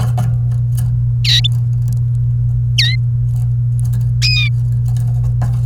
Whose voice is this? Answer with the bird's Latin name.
Serinus canaria